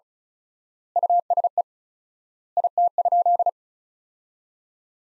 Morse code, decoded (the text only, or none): USE IT?